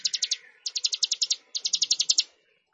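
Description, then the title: Plain prinia song in three clean rapid bursts of buzzy, evenly pulsed high notes, each under a second long, then silence. "Ciblek Sawah"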